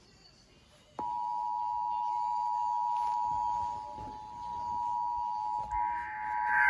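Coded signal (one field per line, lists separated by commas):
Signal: Emergency Alert System (SAME) tones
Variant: 853 and 960 Hz attention tone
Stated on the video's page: Failed monthly test on Fredericksburg radio stations.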